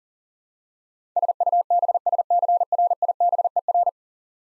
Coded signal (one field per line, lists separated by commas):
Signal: Morse code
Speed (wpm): 40 wpm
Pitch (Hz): 700 Hz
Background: none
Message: SUBSCRIBER